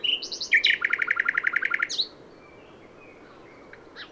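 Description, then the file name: Common nightingale singing one rich phrase, opening with high whistles, then a rapid run of about a dozen repeated mid-pitched notes, ending in a rising whistle before quiet. "Luscinia megarhynchos"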